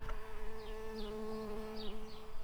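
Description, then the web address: Early bumblebee buzz: a steady low droning hum with a strong harmonic tone, briefly dipping in pitch once, with faint higher chirps in the background. Workers. "bumblebees Pratorum-workers"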